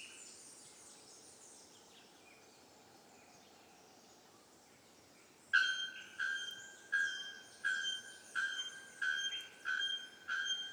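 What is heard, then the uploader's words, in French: Birdsong in a tropical forest. For the first five seconds only a soft, steady forest hush and faint calls are heard. Then a bird starts a loud, clear ringing note, repeating about every three-quarters of a second, each note fading out. Chants d'oiseaux dans la forêt tropicale de la ilha grande, Brésil.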